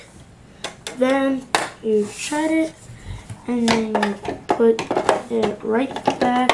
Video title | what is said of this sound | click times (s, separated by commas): How to Use the Brother LS1520 Sewing Machine! | you push until it makes a click | 0.6 s